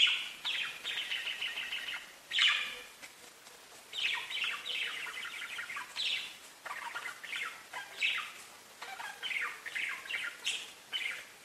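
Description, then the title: Budgerigar chatter, bursts of warbling, scratchy chirps separated by brief pauses, with a few sharper squeaks mixed in. "Budgie Sounds"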